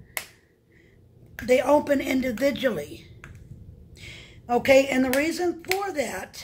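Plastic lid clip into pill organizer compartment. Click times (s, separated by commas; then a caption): 0.2 s. A plastic compartment lid on an Apex 7 Day Medi Planner weekly pill organizer is pressed shut, and its clip snaps into place with a sharp click at 0.2 s. Someone then talks for the rest of the clip, with another faint tap heard partway through.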